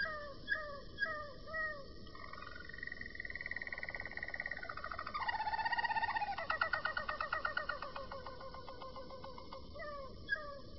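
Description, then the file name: Roller canary song: short sliding piping notes, then a long roll that turns into a fast rattling trill before the piping returns. "kenari-roller -omkicau"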